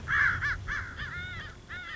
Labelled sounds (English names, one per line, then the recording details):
American Crow
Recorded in Sonoma County, California